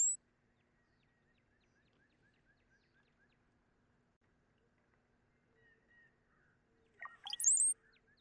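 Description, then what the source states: Brown-headed Cowbird song: a brief bubbly gurgle that breaks into thin, high sliding whistles near the end, after a long near-silent stretch with faint soft notes. Song a little bubbly and pretty.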